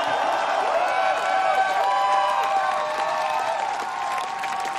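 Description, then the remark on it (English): An audience applauds and cheers steadily, dense clapping mixed with overlapping whoops and high shouts that stay loud throughout, easing slightly near the end. “First of all, please, please make some noise for your wonderful selves for being here.”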